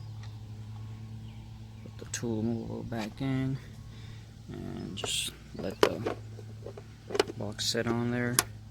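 After a blown fuse is replaced, someone talks while handling the plastic interior fuse box cover of a Honda, setting it back in place against the car's interior trim panel to push it in firmly until its retaining clips click. A low steady hum runs underneath, with a few short knocks and rustles from handling. Nothing has seated or clicked yet.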